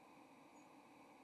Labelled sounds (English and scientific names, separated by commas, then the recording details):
White-throated Sparrow (Zonotrichia albicollis) flight call
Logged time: 07:09 on 30 October 2014